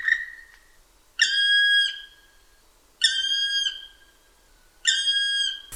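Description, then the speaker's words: Black Woodpecker calling with three long, plaintive ringing notes, each held under a second and spaced about two seconds apart. Makes many nest holes that bats, owls and other species use. "Alors, on écoute notre ami le pic noir."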